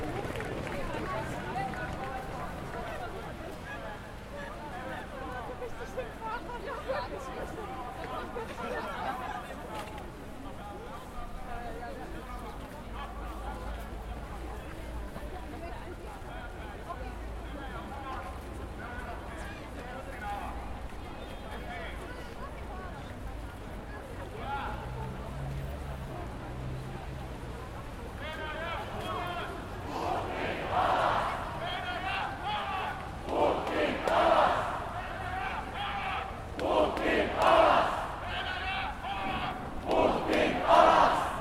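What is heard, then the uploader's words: Finnish protesters in the snow murmur and talk steadily, then after about thirty seconds louder bursts of shouting and chanting rise repeatedly. Finnish protesters in the snow. "Stand with Ukraine' demonstration in Helsinki. Crowds gather at the Esplanadin puisto (park).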